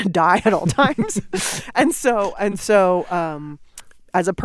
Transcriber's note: laughter